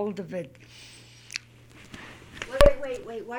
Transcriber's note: microphone noise